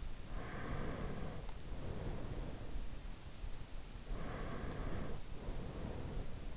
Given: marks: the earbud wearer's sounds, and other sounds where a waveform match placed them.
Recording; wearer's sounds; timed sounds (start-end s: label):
sounds in sleep by an in-ear microphone; breath
0.50-2.81 s: breath
4.19-6.52 s: breath